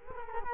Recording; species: mosquito wingbeat signal from an infrared sensor; Culex quinquefasciatus